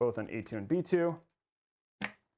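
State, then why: Seated. Someone talks, then after a pause the second DDR4 memory module is pushed into its DIMM slot on the motherboard and its latch clicks at 2.0 s. The module is seated.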